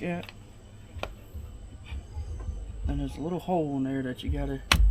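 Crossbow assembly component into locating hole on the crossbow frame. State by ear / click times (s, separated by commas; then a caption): not seated / none. During crossbow assembly, a component is handled and lined up over the small locating hole in the crossbow frame while someone talks, with a brief sharp sound near 1.0 s. The part has not yet locked into the mounting hole; nothing has seated or clicked yet.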